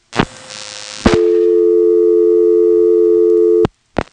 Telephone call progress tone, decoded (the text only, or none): dial tone